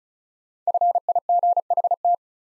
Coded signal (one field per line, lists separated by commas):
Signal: Morse code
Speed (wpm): 36 wpm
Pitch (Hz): 700 Hz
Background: none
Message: FIGHT